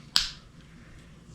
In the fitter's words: and you can hear it snap in place.